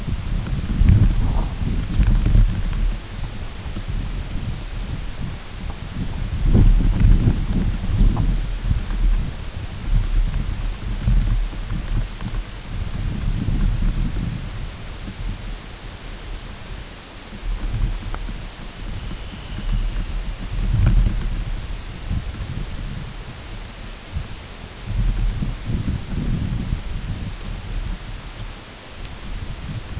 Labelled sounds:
unidentified sound, Dunlin (Calidris alpina)
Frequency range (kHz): Dunlin (Calidris alpina) 2.1-3.5 kHz
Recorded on Arctic tundra, site UTQI-8, on 14 June 2019
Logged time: 08:00

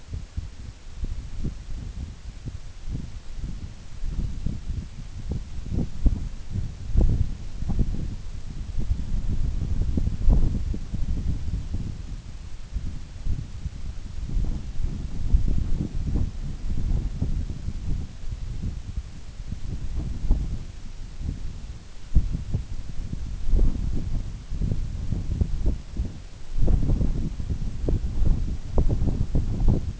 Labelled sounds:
none
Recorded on Arctic tundra, site NAIT-1, on 24 June 2019
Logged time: 04:00

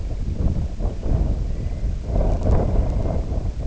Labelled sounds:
Purple Sandpiper (Calidris maritima)
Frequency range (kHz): Purple Sandpiper (Calidris maritima) 1.1-3.0 kHz
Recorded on Arctic tundra, site IGLO-D, on 18 June 2018
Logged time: 04:00

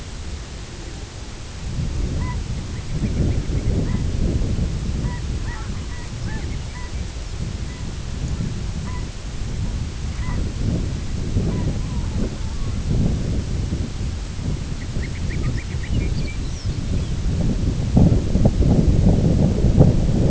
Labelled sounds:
unidentified sound, Ruddy Turnstone (Arenaria interpres), Long-tailed Duck (Clangula hyemalis), Lapland Longspur (Calcarius lapponicus)
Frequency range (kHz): Ruddy Turnstone (Arenaria interpres) 1.0-3.0 kHz; Long-tailed Duck (Clangula hyemalis) 0.7-2.5 kHz; Lapland Longspur (Calcarius lapponicus) 2.0-6.3 kHz
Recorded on Arctic tundra, site IGLO-B, on 24 June 2018
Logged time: 17:59

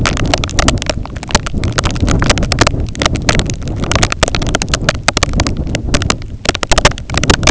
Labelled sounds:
none
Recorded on Arctic tundra, site IGLO-A, on 20 June 2018
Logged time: 21:59

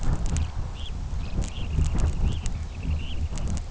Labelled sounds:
Dunlin (Calidris alpina), Red Phalarope (Phalaropus fulicarius)
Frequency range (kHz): Dunlin (Calidris alpina) 1.5-3.5 kHz; Red Phalarope (Phalaropus fulicarius) 1.9-4.4 kHz
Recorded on Arctic tundra, site UTQI-2, on 17 June 2019
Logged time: 06:00

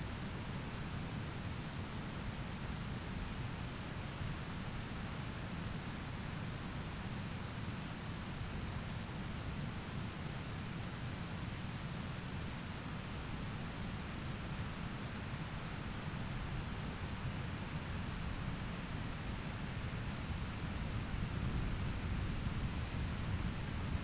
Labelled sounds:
none
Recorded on Arctic tundra, site ZACK-1, on 13 June 2019
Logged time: 09:49

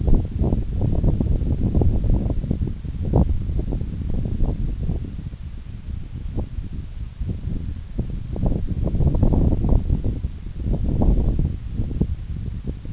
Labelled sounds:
none
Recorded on Arctic tundra, site NAIT-1, on 26 June 2019
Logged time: 16:00

